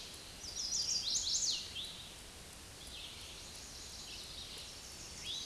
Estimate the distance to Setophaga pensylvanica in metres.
about 20 m